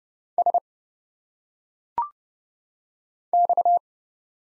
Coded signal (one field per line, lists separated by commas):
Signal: Morse code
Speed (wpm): 29 wpm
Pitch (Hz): 700 Hz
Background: none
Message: S X